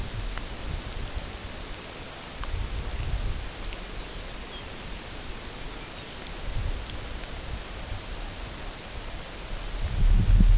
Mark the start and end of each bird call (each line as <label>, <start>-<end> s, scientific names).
Calcarius lapponicus, 3.90-4.64 s
Calcarius lapponicus, 5.75-6.36 s